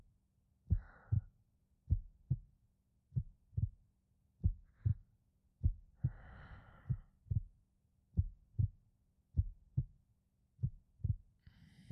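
Adult heartbeat heard close to the chest, a steady paired lub-dub rhythm. Normal heartbeat.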